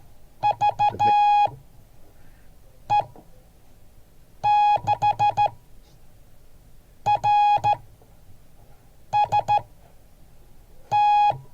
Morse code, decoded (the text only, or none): VE6RST